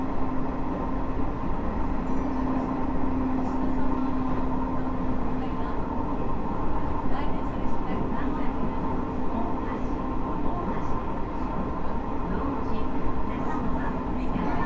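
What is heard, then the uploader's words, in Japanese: Running sound recorded aboard an express electric train: a steady, dense low rumble of wheels and motor fills the whole stretch at a constant level. A faint tone hums through the first few seconds, and brief clicks and rattles surface now and then. 西日本鉄道 9000系電車の走行音です。天神大牟田線の急行電車で録音しました。薬院から二日市まで（前編 春日原まで）。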